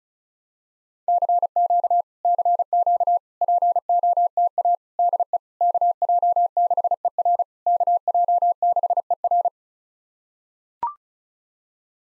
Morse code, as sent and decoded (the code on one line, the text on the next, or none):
-.-. --.- / -.-. --.- / .--. --- - .- / -.. . / -.- .--- -.... . .-. / -.- .--- -.... . .-.
CQ CQ POTA DE KJ6ER KJ6ER